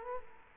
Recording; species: mosquito wingbeat signal from an infrared sensor; Culex quinquefasciatus